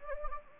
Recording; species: mosquito wingbeat signal from an infrared sensor; Anopheles gambiae